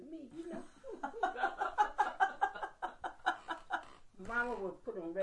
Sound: laughter

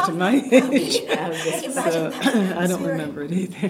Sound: laughter

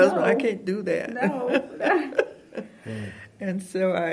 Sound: laughter

